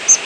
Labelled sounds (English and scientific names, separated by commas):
Palm Warbler (Setophaga palmarum) flight call